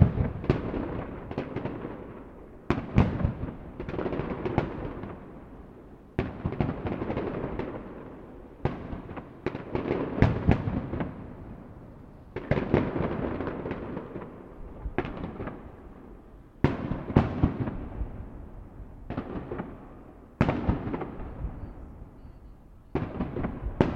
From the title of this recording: Fireworks At Põhjatallinn